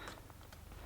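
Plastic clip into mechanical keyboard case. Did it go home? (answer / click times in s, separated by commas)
no / none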